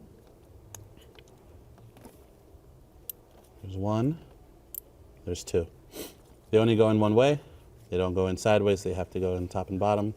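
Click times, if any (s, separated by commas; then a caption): 0.8 s, 3.1 s. Wire terminals are pushed one at a time into a new ignition coil connector housing on a 1999–2003 Audi C5 S6 (also D2 S8), giving two sharp clicks at 0.8 s and 3.1 s, one per terminal. Both terminals are seated, and someone talks afterward.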